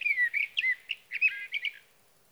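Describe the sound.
Sage thrasher song, a rapid run of warbled, slurred phrases with short gaps between notes and otherwise quiet surroundings.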